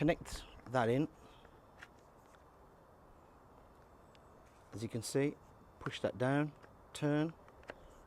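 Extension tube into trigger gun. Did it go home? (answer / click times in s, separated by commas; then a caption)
yes / 7.7 s. Someone talks while the extension tube of a Kärcher K2 pressure washer is pushed down and turned into the bayonet fitting on the trigger gun. A short click sounds at 7.7 s as the fitting locks into place, with the yellow indicator showing that it is locked.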